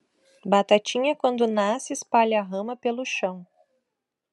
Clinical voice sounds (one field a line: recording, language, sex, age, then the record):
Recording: short text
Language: Brazilian Portuguese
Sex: female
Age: 40 to 49 years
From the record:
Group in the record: control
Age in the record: 44 years